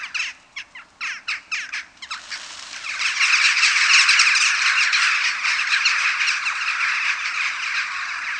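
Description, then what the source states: Western jackdaw calls: several separate sharp chack notes at first, then a swelling, continuous chorus of many birds calling over one another. Jackdaws recorded at a communal roost.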